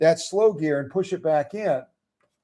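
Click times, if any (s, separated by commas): none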